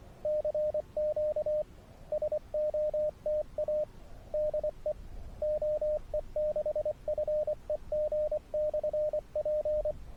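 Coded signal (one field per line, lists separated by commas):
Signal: Morse code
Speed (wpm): 22 wpm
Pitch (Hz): 590 Hz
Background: radio noise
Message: CQ SOTA DE OE6FEG/P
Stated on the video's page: Morse from a SOTA summit activation combined with hike and fly paragliding.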